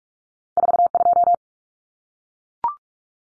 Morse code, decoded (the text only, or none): 42